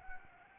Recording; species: mosquito wingbeat signal from an infrared sensor; Anopheles gambiae